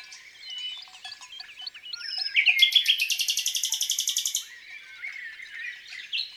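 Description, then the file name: Common nightingale song: scattered soft chirps leading into a loud, very rapid pulsing trill of about two seconds, then quieter phrases. Singing in the countryside. "Rossignol philomele Chants doiseaux dans la campagne"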